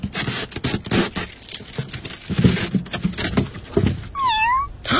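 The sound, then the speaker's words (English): Scraping and rustling for several seconds, then near the end a kitten lets out a single short, high-pitched mew that rises and falls. “Look, he's just a kitten.”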